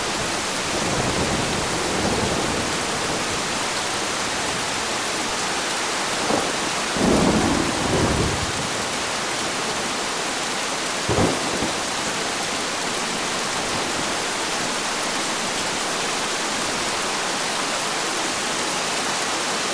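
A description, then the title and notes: A distant thunderstorm brings steady, dense hissing rain, with low rumbles swelling around seven to eight seconds and a brief thud near eleven. Enjoy the ambient nature sounds of a distant thunderstorm.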